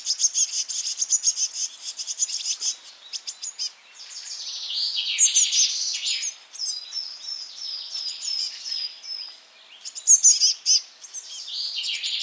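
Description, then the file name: Eurasian blue tit calls, a dense run of high, thin ticking notes and buzzy scolding churrs, with louder clicking bursts at the start and again near ten seconds. "Cyanistes caeruleus"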